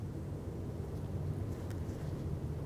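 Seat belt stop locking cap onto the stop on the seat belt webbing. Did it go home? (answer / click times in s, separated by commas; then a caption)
no / none. The plastic locking cap for a seat belt stop on a 2004-2015 Nissan Titan is brought up to the stop on the seat belt webbing and lined up before being pressed on. Only a steady low rumble with faint hiss is heard, with no distinct transients. Nothing has been pressed on or clicked yet.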